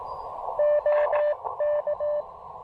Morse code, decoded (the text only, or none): OK